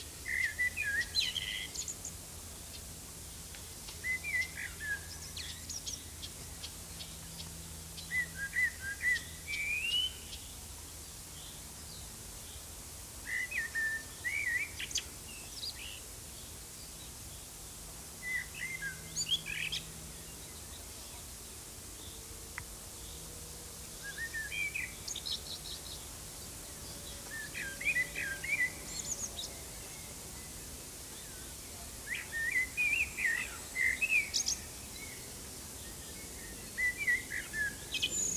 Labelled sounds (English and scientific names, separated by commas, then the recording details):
Common Blackbird (Turdus merula) song
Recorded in the wild
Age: adult
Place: Oehrenstock/Langewiesen, Thüringer Wald, Thüringen, DE
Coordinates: 50.6603, 10.9428
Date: 2003-05-23 19:45
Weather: overcast, intermittent rain, 12 - 16°C
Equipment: Fair Mate ST-1328 (Asahi Electronics, Japan), Sennheiser ME 80, Kopie Uher 4000 Report Monitor
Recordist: Tembrock, Günter
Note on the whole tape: Gesang